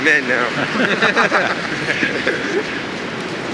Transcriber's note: laughter